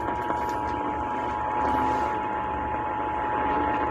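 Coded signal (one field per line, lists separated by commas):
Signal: Emergency Alert System (SAME) tones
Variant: 853 and 960 Hz attention tone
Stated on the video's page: Real EAS tests received and recorded over two days.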